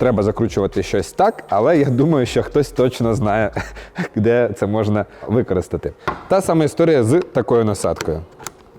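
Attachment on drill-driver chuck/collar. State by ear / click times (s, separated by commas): not seated / none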